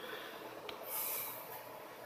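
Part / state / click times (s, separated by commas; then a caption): front wiper blade onto wiper arm / seated / 0.7 s. A front wiper blade on a 2010 Lincoln MKX is slid up onto the wiper arm and snaps into place with a sharp click at 0.7 s, over a steady background hiss. A brighter hissing swell follows around 0.9–1.3 s. The blade is seated.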